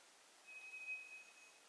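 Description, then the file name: White's thrush gives one monotone whistle, thin and high, lasting about a second over soft background noise. Recorded on 2 July 2007. "toratugumi-20070702"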